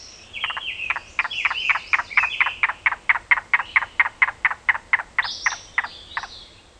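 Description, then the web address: Yellow-billed cuckoo calling: a long, rapid series of hollow, clucking knocks, some slurring downward. "cuckoos"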